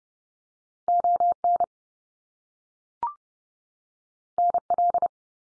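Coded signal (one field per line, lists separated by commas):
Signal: Morse code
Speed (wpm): 30 wpm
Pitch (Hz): 700 Hz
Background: none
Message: ON NL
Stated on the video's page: Head-copy drill of Canadian province and territory names sent at 30wpm, each sent in Morse, spoken, then sent again.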